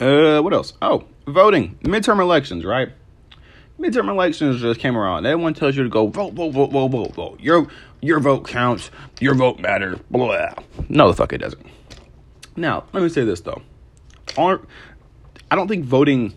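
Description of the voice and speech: An adult man speaks casually in a monologue, broken by a rapid run of about six repetitions of the word "vote", drawn-out starting sounds and frequent pauses. These whole-word repetitions and prolongations are typical of stuttering.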